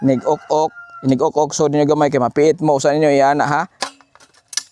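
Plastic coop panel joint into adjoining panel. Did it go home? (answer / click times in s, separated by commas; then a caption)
yes / 4.6 s. A plastic chicken coop panel joint is pressed into its adjoining panel while someone talks for the first few seconds. A few faint ticks follow, then a sharp click at 4.6 s as the snap-fit joint locks into place.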